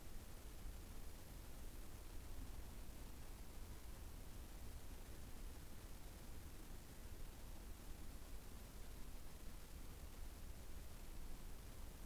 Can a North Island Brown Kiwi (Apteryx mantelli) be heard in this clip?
no